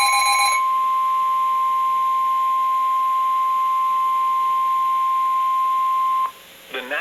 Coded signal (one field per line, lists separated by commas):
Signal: Emergency Alert System (SAME) tones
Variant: 1050 Hz attention tone